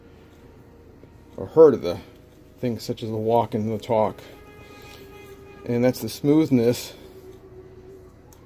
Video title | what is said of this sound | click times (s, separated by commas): Knife repair 101 How to make your pocket knife blade snap closed like it did when it was new | see how that doesn't snap they | none